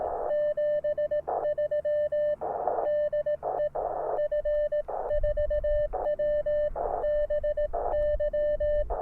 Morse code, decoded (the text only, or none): 73 DE F4WBY